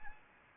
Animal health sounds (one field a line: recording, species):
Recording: mosquito wingbeat signal from an infrared sensor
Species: Anopheles gambiae